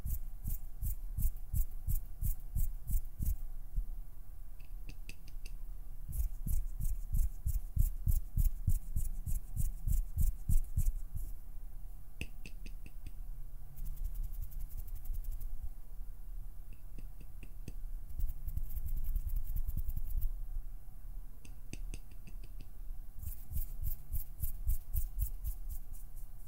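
Plucking, pinching and finger fluttering make quick runs of crisp, snappy clicks, some bursts fast and tightly spaced, others slower and looser, with short pauses between runs. A low rumble and a faint steady hum stay underneath throughout.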